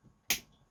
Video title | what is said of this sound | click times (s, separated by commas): Build The Terminator - Issue 104 - Fitting The Backplate | these can go with either one you want to push them down until you hear that little click so let's do this one as well | 0.3 s